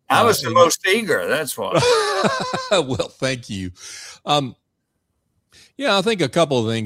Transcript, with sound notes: I was the most eager, that’s why. [laughter]
Well, thank you. Um Yeah, I think a couple of things.